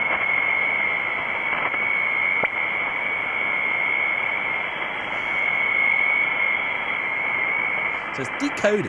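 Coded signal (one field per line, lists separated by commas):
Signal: FT8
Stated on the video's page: Live-streamed contact attempt with Africa.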